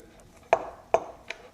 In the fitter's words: Lock it into place.